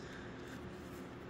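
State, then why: Not seated. A brass bushing from a threaded-insert installation kit is handled as it is brought onto the insert driver bit, producing only a steady, low broadband shuffling noise with no sharp transients. The part has not gone home yet; nothing has seated or clicked.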